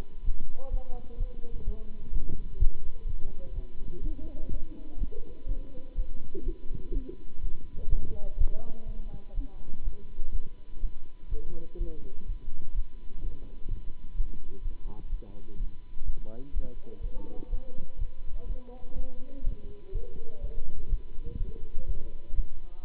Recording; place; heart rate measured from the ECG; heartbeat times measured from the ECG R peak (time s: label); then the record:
heart sounds by stethoscope; between the tricuspid and mitral areas; 125 bpm
0.23 s: heartbeat
0.70 s: heartbeat
1.17 s: heartbeat
1.64 s: heartbeat
2.11 s: heartbeat
2.58 s: heartbeat
3.05 s: heartbeat
3.53 s: heartbeat
4.01 s: heartbeat
4.49 s: heartbeat
4.97 s: heartbeat
5.45 s: heartbeat
5.94 s: heartbeat
6.43 s: heartbeat
6.91 s: heartbeat
7.40 s: heartbeat
7.88 s: heartbeat
8.36 s: heartbeat
8.85 s: heartbeat
9.33 s: heartbeat
9.82 s: heartbeat
10.31 s: heartbeat
10.79 s: heartbeat
11.28 s: heartbeat
11.77 s: heartbeat
12.25 s: heartbeat
12.73 s: heartbeat
13.21 s: heartbeat
13.68 s: heartbeat
14.14 s: heartbeat
14.61 s: heartbeat
15.08 s: heartbeat
15.56 s: heartbeat
16.04 s: heartbeat
16.52 s: heartbeat
17.00 s: heartbeat
17.48 s: heartbeat
17.97 s: heartbeat
18.46 s: heartbeat
18.94 s: heartbeat
19.43 s: heartbeat
19.91 s: heartbeat
20.40 s: heartbeat
20.88 s: heartbeat
21.37 s: heartbeat
21.85 s: heartbeat
22.34 s: heartbeat
22.82 s: heartbeat
From the record:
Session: Bruce protocol treadmill stress test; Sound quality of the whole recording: good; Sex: male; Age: 26 years